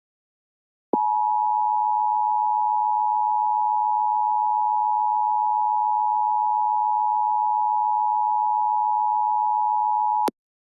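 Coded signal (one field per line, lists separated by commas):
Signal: Emergency Alert System (SAME) tones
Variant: 853 and 960 Hz attention tone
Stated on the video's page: Mock EAS alert, not real: severe thunderstorm warning for Bullitt and Jefferson counties, Kentucky, and Harrison County, Indiana.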